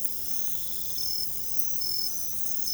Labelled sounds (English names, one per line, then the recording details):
none
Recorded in secondary vegetation near Puerto Asís, Putumayo, Colombia, on 21 December 2024 at 02:30
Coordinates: 0.468, -76.324
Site G095